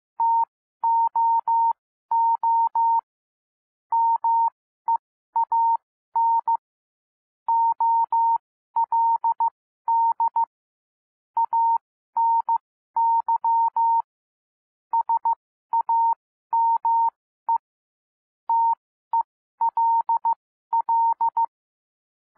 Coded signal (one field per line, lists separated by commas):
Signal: Morse code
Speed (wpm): 15 wpm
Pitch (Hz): 920 Hz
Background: none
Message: TOO MEAN OLD ANY SAME TELL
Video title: Improve Your Morse Code 12-15 WPM - 15-15 WPM